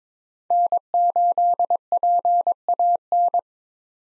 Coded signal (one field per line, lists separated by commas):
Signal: Morse code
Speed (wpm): 22 wpm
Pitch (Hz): 700 Hz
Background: none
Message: N8PAN